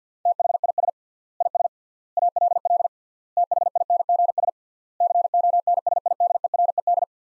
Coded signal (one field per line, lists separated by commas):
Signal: Morse code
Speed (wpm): 50 wpm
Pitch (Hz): 700 Hz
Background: none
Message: THIS IS ALL THINGS CONSIDERED